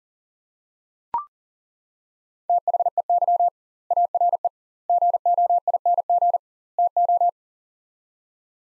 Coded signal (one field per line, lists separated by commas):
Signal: Morse code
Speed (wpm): 40 wpm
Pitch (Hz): 700 Hz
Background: none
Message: THEY ARE GOING TO